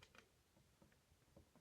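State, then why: Not seated. The plastic plug of an audio cable, likely an optical cable, is turned to line up with a game console's rear port and then pushed toward it. Only faint, scattered soft taps and handling noises are heard over a quiet background. Nothing has seated or clicked yet.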